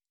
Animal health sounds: hydrophone in a shrimp aquaculture tank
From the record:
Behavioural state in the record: stressed

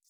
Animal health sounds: hydrophone in a shrimp aquaculture tank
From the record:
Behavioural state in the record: feeding

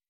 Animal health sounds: hydrophone in a shrimp aquaculture tank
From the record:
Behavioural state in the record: weakened

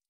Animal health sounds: hydrophone in a shrimp aquaculture tank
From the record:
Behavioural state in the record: stressed

